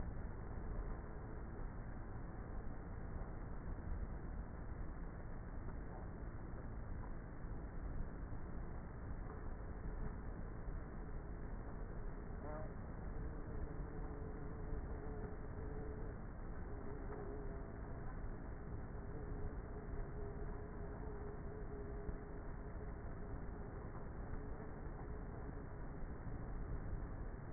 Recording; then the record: honeybee colony, microphone inside the hive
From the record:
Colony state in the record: queenless with a low population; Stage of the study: before two queens were removed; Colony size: about 30,000 bees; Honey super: no